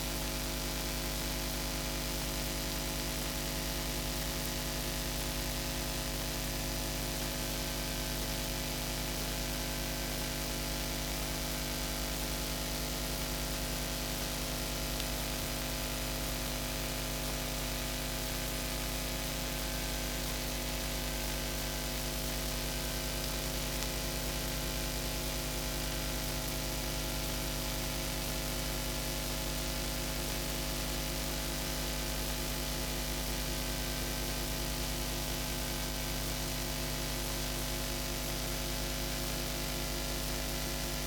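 Very low frequency radio waves come through as a constant, dense hiss with an unchanging drone of steady hum tones underneath, strongest in the low range. Nothing rises or falls across the recording; the level stays flat and even throughout.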